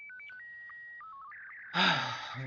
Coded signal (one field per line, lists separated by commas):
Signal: SSTV (slow-scan television)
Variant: Scottie 2